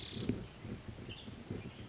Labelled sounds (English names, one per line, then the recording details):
Western Tanager
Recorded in Sonoma County, California